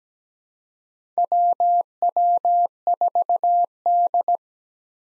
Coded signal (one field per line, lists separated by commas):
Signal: Morse code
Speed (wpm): 17 wpm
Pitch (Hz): 700 Hz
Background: none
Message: WW4D